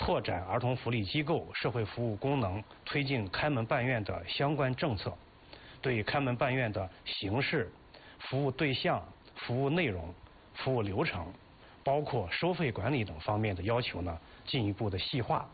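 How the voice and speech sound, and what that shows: An adult male official from the Ministry of Civil Affairs speaks Mandarin in a steady, formal delivery with short pauses between phrases. His voice is normal, with moderate low pitch and little pitch variation.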